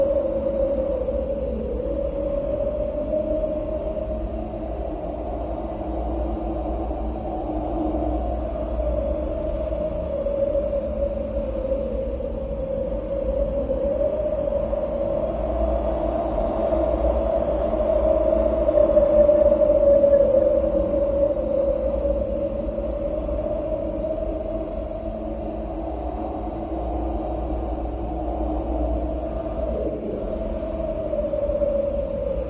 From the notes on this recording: sound of wind